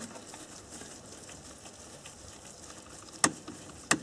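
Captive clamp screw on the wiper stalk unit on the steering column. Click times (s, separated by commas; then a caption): 3.2 s, 3.9 s. The upper and lower captive Torx screws on the wiper stalk clamp of the steering column unit in a 2001–2008 Audi A4/S4/RS4 (B6/B7) are loosened during removal of the steering wheel control module. Over a quiet background, two sharp clicks sound at 3.2 s and 3.9 s as each screw reaches the end of its thread. This confirms both screws are completely undone and the clamp is released.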